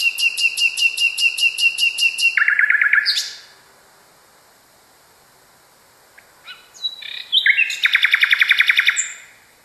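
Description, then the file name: Common nightingale song: a fast train of sharp repeated notes, then a lower buzzy rattle, a pause, and a varied phrase ending in a rapid pulsed trill. Song variation number 6. "kicauan-nightingale-a-variasi 6-omkicau"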